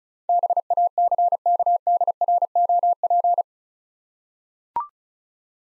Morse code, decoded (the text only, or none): BACKDROP